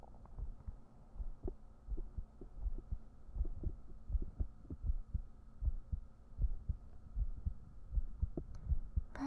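Soft, low thumping heartbeat at about 80 beats a minute, with a fairly steady rhythm throughout. A faint continuous hum sits underneath, with a brief rustle near the end.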